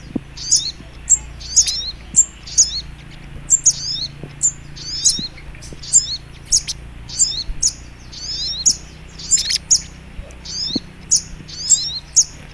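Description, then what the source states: Little Spiderhunter singing high, thin chipping notes with quick squeaky flourishes, phrases coming about once a second, with a steady low hum underneath. Masteran training recording for teaching songbirds; labelled Labaik.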